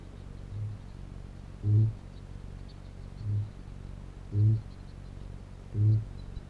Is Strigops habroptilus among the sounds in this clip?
yes